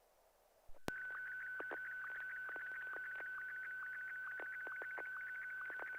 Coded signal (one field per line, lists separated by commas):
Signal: SSTV (slow-scan television)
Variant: Martin 1